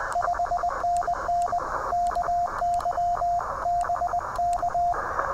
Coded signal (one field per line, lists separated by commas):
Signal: Morse code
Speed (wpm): 20 wpm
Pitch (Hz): 700 Hz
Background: radio noise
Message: 5NN KY BK